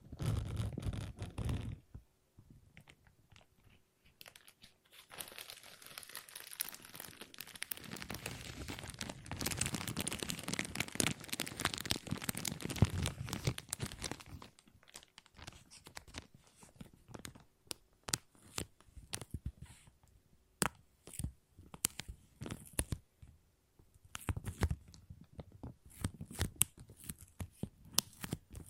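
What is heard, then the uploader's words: Plastic being crinkled in bursts of crackly, bright rustling. A dense, continuous stretch of crumpling runs from about five to fifteen seconds, after which it breaks into sparser sharp crackles and short handling bursts with brief quiet gaps, ending with another busier flurry. ASMR Plastic Crinkle No Talking.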